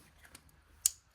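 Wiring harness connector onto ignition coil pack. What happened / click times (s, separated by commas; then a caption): The connector snapped home / 0.9 s. A wiring harness connector is pushed onto another ignition coil pack on a VW Beetle, with faint ticks at 0.3 and 0.5 seconds. A sharp, bright snap follows at 0.9 seconds as the coil pack connector seats home.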